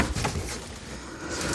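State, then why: Not seated. A backup light wiring harness on a Lexus GX460 is being slid back down onto its plastic retaining clip on the tailgate panel during an LED backup bulb swap. Soft scraping and rustling handling noises are heard, loudest in the first half second, then a quieter broadband hiss. Nothing has seated or clicked yet.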